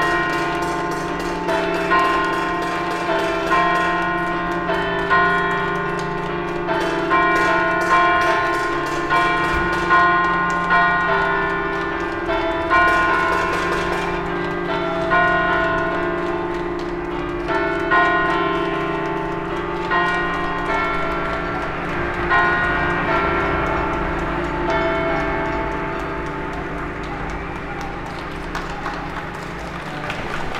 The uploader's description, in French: Applaudissements et protestations aux balcons et fenêtresRue Roger Salengro, quartier de Vaise - Lyon